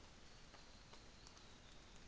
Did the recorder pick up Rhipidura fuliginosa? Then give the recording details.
no. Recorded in New Zealand on 24 December 2018. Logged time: 09:00